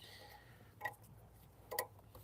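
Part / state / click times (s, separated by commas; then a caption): wiring connector onto engine component / seated / 1.8 s. A wiring connector is pressed home onto an engine component during a wet belt change on a Ford Focus EcoBoost. A sharp tick is heard at about 0.9 s, then the connector clips in with a crisp click at 1.8 s, followed by faint ticks. The connector is confirmed seated.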